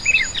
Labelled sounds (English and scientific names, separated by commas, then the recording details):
Yellowhammer (Emberiza citrinella) song
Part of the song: start
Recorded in the Czech Republic on 23 May 2013
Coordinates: 50.113, 14.932
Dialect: B?
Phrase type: D3
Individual 299146